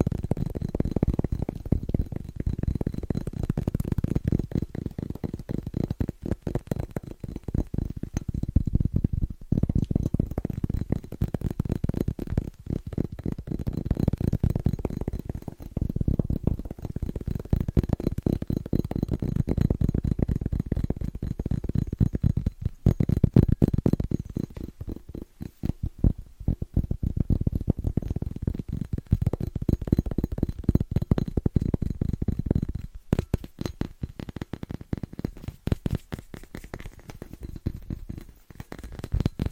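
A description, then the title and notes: Fast, rhythmic tapping runs almost without pause for the whole stretch, a dense stream of soft, dull hits weighted low. Brief gaps and lighter patches come around 9, 23 and 33 seconds before the steady patter resumes. ASMR Fast & Rhythmic Tapping Christmas Edition No Talking.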